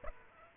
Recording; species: mosquito wingbeat signal from an infrared sensor; Aedes aegypti